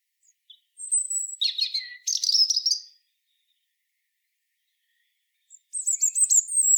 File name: Erithacus rubecula